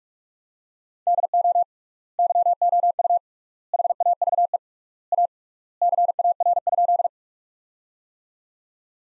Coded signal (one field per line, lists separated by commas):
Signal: Morse code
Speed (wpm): 46 wpm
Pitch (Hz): 700 Hz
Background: none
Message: DO YOU HAVE A CAR?